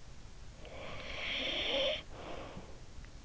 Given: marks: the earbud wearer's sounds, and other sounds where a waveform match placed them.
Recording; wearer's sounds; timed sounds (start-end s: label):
sounds in sleep by an in-ear microphone; snoring breath
0.31-3.22 s: snoring breath